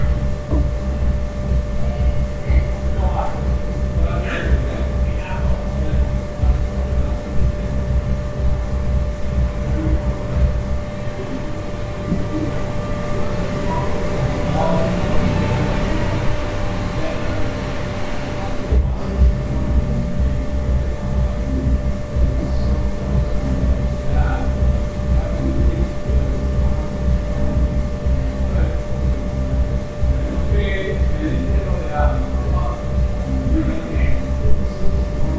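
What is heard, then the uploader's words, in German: Odd sounds in a hostel room in Central America: a steady low rumble with a constant high whining tone runs throughout. Faint voice-like or animal-like chirps come and go, a rushing swell builds around 12–18 seconds, and a sharp knock lands near 19 seconds. Abenteuerliche Geräusche aus einem Hostelzimmer in Mittelamerika.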